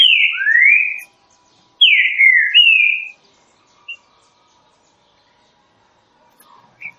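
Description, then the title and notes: Green-winged saltator song, two quick phrases of bold, slurred whistles, the second with a drawn-out final note, followed by quiet pauses and a few faint notes. Classic song, used for training. "Canto Clássico Trinca Ferro TREINAMENTO. trinca fero"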